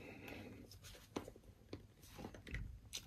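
A plastic part is pressed onto the joint peg of a build-a-figure action figure, with a few faint plastic taps and scrapes before a louder pop at 3.0 s. The joint pops, but it may not be fully seated.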